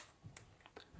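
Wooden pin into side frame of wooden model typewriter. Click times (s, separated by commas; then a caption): 0.4 s. A wooden pin piece of a ROKR 3D wooden puzzle mechanical typewriter model is pushed into its hole on the right-hand side of the frame. A sharp, bright click is heard at 0.4 s, followed by a few softer taps. The pin locks in and is seated.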